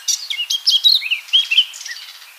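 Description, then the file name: Eurasian blackcap song phrase, fast and varied, ending in loud, fluty slurred whistles that fall away at the close. "Sylvia atricapilla"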